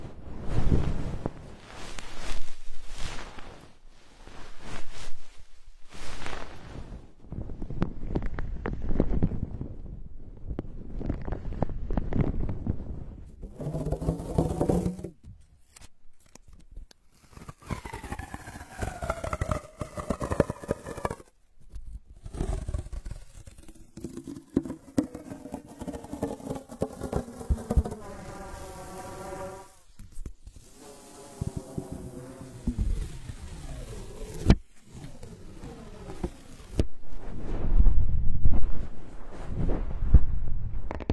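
Ear cleaning, with dense scratching and rubbing strokes filling the first fifteen seconds and returning near the end. Between roughly 17 and 34 seconds a buzzing, insect-like whir takes over, its pitch wavering up and down, broken by brief silent gaps.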